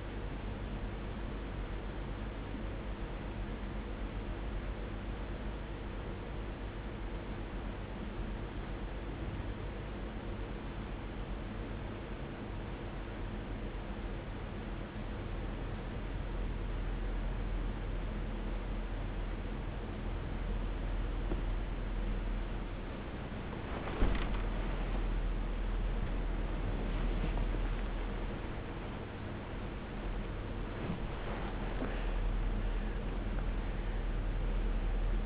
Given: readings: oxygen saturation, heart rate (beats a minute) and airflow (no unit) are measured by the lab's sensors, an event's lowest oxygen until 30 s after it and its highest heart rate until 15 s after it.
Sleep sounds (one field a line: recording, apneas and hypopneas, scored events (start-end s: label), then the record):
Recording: a person awake in a sleep study, by a voice recorder at the bedside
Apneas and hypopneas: 1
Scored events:
6.00-22.20 s: hypopnea (N2, oxygen 94% highest, then 94% lowest, heart rate 59 at the start, 88 highest)
8.00-35.26 s: new sleep stage, awake
9.00-35.26 s: awake
From the record:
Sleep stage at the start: N2 (light sleep)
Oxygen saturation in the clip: 94%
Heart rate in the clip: 59 to 88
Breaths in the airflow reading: 7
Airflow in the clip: -3.0 to 2.7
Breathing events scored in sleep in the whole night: 101 in 7.3 hours asleep